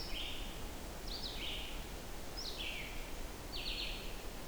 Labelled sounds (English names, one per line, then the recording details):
Red-eyed Vireo song
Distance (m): 65 m
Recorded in boreal forest in Alberta, Canada, on 14 June 2016 at 07:22
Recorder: SongMeter 3, array SBT-3-33
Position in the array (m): 137 m, 124 m